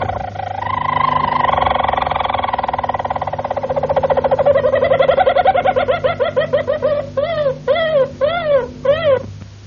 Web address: canarios cantoharz